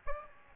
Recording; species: mosquito wingbeat signal from an infrared sensor; Aedes albopictus